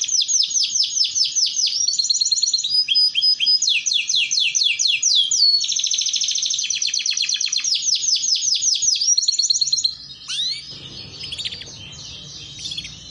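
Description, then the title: Canary song: continuous rapid trills of swept notes changing phrase every few seconds for ten seconds, then a few sliding chirps over a soft rustling noise. Belgian canary song used to warm up canaries and to train young birds to learn the sound. "Canto Para Esquentar Canário Belga. Terapi Pancingan Suara Kenari Gacor || Masteran Kenari Paud Belajar Bunyi"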